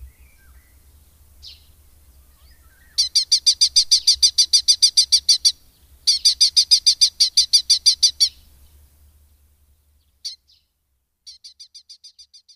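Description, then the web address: Red-footed falcon giving two long bursts of rapid, high, evenly spaced notes, followed by a lone note and a softer short series near the end. "agykontroll Madardalok Cd 2. Kék vércse"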